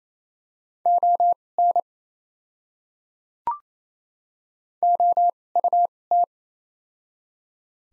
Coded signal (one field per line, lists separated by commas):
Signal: Morse code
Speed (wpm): 28 wpm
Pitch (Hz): 700 Hz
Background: none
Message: ON OUT